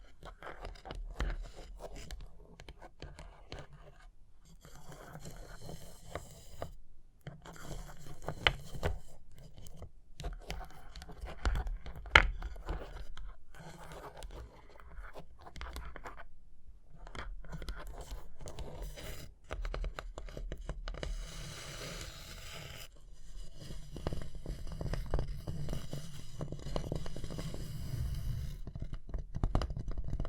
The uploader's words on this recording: ASMR Triggers SOOO Soothing You’ll Want to Sleep Tapping and Scratching (No Talking).